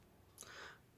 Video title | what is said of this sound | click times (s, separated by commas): May 8, 2020 | cams are now have the block lock in place until I put some heavier clamps in but the cams also drive the blocks | 0.4 s